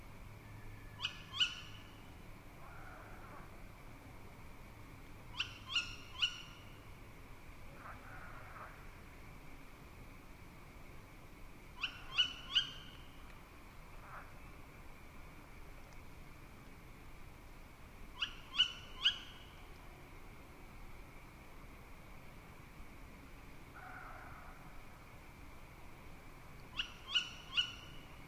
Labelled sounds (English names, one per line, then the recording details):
Tawny Owl call
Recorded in the wild
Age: juvenile
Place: Kützerhof, Kummerower See, Mecklenburg-Vorpommern, DE
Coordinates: 53.87, 12.8672
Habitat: wood
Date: 2010-05-20 23:18
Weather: cloudy, 15°C, weak winds
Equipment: Sound Devices 702, Sennheiser MKH 70, Rycote Windschutz
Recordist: Frommolt, Karl-Heinz